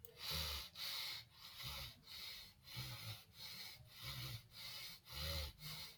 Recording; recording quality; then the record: shallow breathing; excellent, no background noise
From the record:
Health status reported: healthy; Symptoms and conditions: none ticked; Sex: male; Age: 18 years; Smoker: not ticked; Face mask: not worn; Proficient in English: yes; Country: India